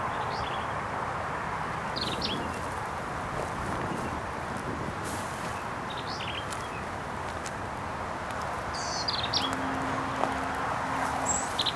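Black-capped vireo song: short, buzzy, chattering phrases at irregular intervals over a broad rushing background noise.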